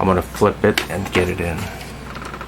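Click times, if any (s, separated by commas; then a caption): none. A slim SATA adapter board is flipped to the right orientation and handled at the back of a slim optical drive, for an Icy Dock 5.25" bay adapter for a 3.5" HDD and 5.25" slim optical drive. Someone talks over it, and two short, faint ticks are heard near the end. Nothing has seated or clicked yet.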